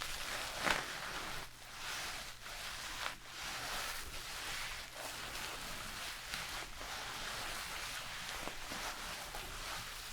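Shampoo being worked through hair makes a steady, dense hiss of wet rubbing and crackling that runs the whole time, with brief gaps and quick strokes every second or so. A sharp click comes near the start, and a low steady hum sits underneath.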